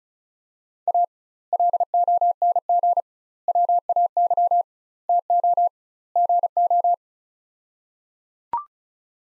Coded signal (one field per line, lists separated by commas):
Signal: Morse code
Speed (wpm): 36 wpm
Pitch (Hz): 700 Hz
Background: none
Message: A LONG WAY TO GO